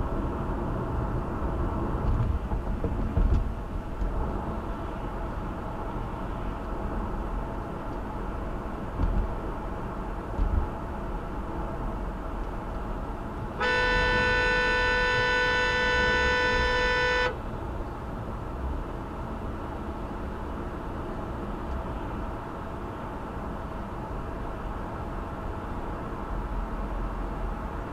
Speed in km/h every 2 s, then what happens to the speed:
64, 68, 71, 71, 72, 72, 72, 58, 56, 60, 64, 68, 71, 71.
0-4 speeds up to 71. 4-12 steady at about 72. 12-14 brakes to 58. 17-24 speeds up to 71.